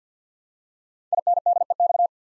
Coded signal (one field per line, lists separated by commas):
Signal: Morse code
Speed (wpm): 48 wpm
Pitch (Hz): 700 Hz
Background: none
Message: INDEX